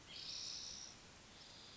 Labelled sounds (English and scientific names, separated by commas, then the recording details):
Spotted Towhee (Pipilo maculatus)
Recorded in Sonoma County, California